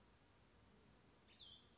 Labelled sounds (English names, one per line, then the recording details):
Cassin's Vireo
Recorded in Sonoma County, California